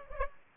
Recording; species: mosquito wingbeat signal from an infrared sensor; Aedes aegypti